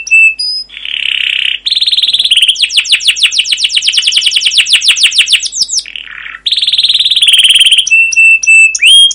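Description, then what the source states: Canary song with a steady buzzy note, a long fast rolling trill of rhythmic pulses, a brief lower buzzy note, then more trills and clear whistled notes. Long rolling canary song (masteran), used as a lure to prompt other canaries to sing.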